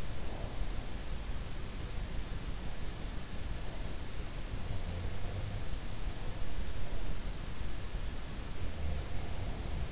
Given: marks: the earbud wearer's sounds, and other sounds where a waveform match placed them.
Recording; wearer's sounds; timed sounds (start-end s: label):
sounds in sleep by an in-ear microphone; breath
0.00-0.84 s: breath